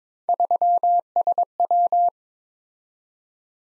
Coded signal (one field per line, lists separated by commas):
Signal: Morse code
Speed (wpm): 22 wpm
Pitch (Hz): 700 Hz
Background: none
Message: 3SW